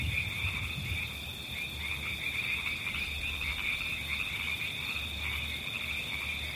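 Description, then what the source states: Frogs calling in a dense, steady high-pitched chorus, mixed with constant hissing white noise and a low rumble underneath. River frogs, mixed with white noise.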